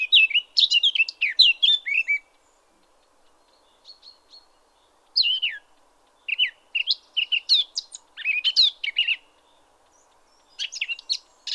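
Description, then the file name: Eurasian blackcap song: several bright warbling phrases of tumbling, sliding notes separated by short pauses, with soft background hiss. "Sylvia atricapilla"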